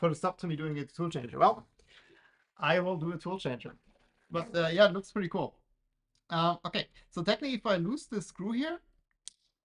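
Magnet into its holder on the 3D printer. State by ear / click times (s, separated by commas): seated / 9.3 s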